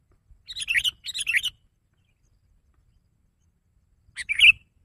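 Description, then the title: Sooty-headed bulbul song: two bubbly chirped phrases back to back, a pause of nearly three seconds, then one more phrase. "kutilang"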